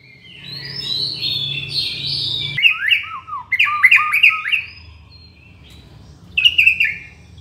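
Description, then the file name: White-rumped shama singing: long whistled notes, then a rapid series of downslurred phrases, pausing before a final short burst, with faint background hum. From Borneo. "murai batu borneo"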